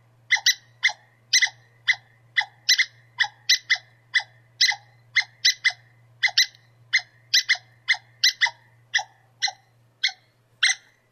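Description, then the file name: Squirrel calling with harsh, sharp notes in loose, uneven pairs and singles over several seconds, above a steady low electrical hum. "suara bajing. omkicau"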